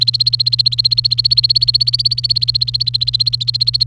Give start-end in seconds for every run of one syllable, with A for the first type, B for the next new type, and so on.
0.00-3.87 A